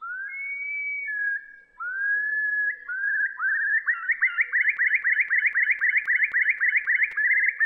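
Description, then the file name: Eurasian curlew song: slow, rising whistled notes that speed up into a fast, bubbling, repeated trill. "gajahan besar"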